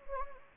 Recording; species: mosquito wingbeat signal from an infrared sensor; Anopheles gambiae